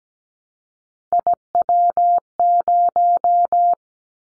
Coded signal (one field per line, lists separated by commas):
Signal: Morse code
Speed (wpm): 17 wpm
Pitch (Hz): 700 Hz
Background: none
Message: IW0